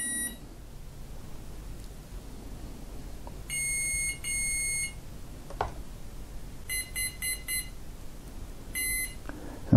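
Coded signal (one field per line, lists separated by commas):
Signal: beep code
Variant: Hobbywing ESC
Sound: two longer beeps, a quick run of about four short beeps, then one more beep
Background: room noise, handling clicks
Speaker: so I got the four beeps for the four cells in the battery and the long beep that says we're all done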